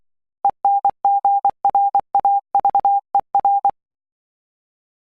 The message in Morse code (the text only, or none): ENGRAVER